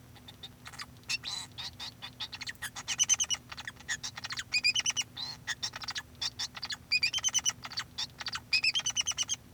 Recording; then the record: song of a male Bengalese finch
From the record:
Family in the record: son of father 2